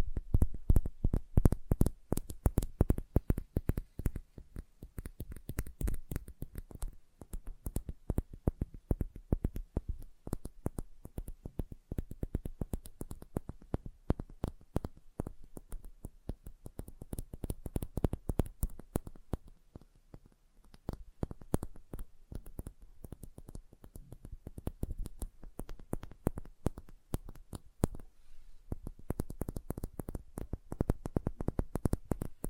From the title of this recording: Sensitive Tapping